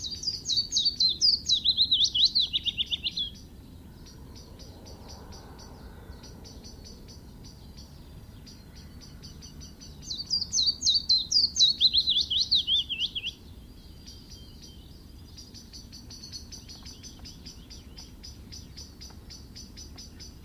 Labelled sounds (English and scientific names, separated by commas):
Willow Warbler (Phylloscopus trochilus) song